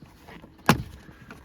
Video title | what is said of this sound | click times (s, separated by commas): Blower Motor Maintenance - 3rd Gen Toyota 4Runner 1996-2002 - BEFORE & AFTER | all along and you'll hear those little snaps | 0.7 s